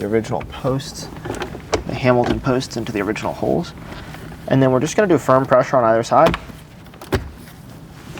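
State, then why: Seated. Someone talks while a Hamilton CarPlay conversion kit for a 2014-2020 Nissan Rogue, an aftermarket head unit and bezel, has its plastic posts lined up with the original dash holes and is pressed firmly on either side into the dashboard cavity. Sharp clicks at 7.0 s and 8.2 s mark the unit snapping into place, fully seated.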